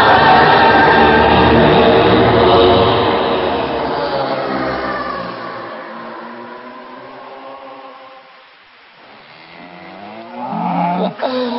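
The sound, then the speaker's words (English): Cows waiting to be milked moo in long, low, drawn-out calls, their harmonic bellows loud at first and fading over several seconds, with a brief sharper sound near the end. “Cows got to go and milk.”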